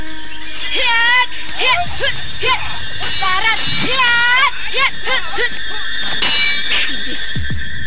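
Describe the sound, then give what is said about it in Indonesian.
Several voices shout, yell and grunt in rapid bursts over a steady background hum, with occasional dull thumps and scuffling, like a loud brawl between people in a forest. “Seperti ada suara orang yang berkelahi.”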